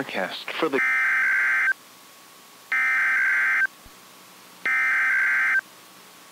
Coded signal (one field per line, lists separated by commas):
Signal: Emergency Alert System (SAME) tones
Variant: header bursts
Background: speech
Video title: WZ2561 FULL CYCLE - NOAA Weather Radio Broadcast (with weekly test)